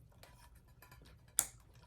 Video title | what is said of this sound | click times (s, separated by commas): Ceiling Fan Install with DIYER Elaine! | There we go. So we want to make sure that we have that little click and connecting that. | 1.4 s